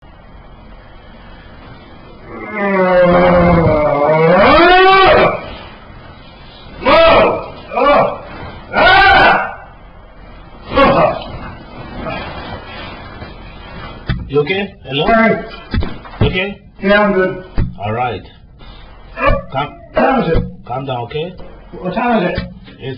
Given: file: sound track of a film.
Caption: Correlating video of a single stereotyped sleep-related hypermotor epiplepsy episode recorded during subject’s sleep study. Behaviors included bilateral flexing of his legs and kicking feet, flexing arms, moaning loudly, sitting up in bed, forcefully flinging back down and suddenly standing up out of bed.